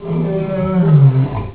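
Lion roaring: one deep, drawn-out roar that swells and holds before fading over about one and a half seconds.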